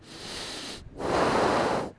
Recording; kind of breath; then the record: one breath in and out by a microphone near the nose and mouth; deep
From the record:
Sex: male